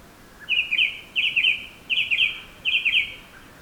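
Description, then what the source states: Bird song: four bursts of rapid warbled whistles, each about half a second long, repeated steadily roughly every 0.7 seconds over faint hiss. Birds singing in a forest.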